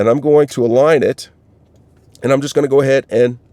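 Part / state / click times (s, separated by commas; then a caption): plastic back cover onto a car key fob housing / not seated / none. Someone talks while lining up the plastic back cover of a Subaru Forester key fob over the fob housing and its new coin cell, with a quiet pause in the middle. The cover has not snapped or seated yet by the end.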